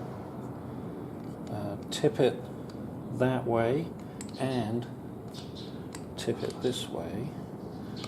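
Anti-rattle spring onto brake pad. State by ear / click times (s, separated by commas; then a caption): not seated / none. Someone talks while handling a motorcycle brake pad's metal anti-rattle spring, tipping it one way and then the other and squeezing it over its seat on the pad. The spring is not yet home: nothing has seated or clicked yet.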